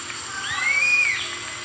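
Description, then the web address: Chestnut-capped puffbird giving a single thin whistle that rises, holds, then falls slightly, lasting under a second, over a steady high insect hum. Eastern lowlands of South America. "Natures Songs S America Eastern Lowlands. Chestnut-capped Puffbird"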